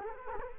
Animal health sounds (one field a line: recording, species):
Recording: mosquito wingbeat signal from an infrared sensor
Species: Culex quinquefasciatus